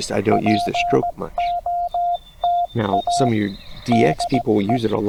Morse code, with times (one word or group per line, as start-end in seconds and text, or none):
0.3-3.3 POTA
3.9-4.8 DE